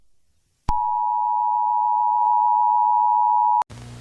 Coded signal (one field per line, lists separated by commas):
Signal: Emergency Alert System (SAME) tones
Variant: 853 and 960 Hz attention tone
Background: music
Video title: eas scenario catemojibabyheat part 24 credits @USAAndGeorgia2K24